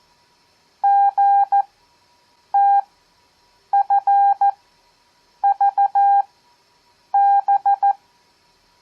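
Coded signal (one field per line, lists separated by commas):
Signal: Morse code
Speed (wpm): 14 wpm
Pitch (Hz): 800 Hz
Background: none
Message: GTFVB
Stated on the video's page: Receiving practice of random five-character groups at 14 WPM with Farnsworth spacing at 7 WPM, audio only.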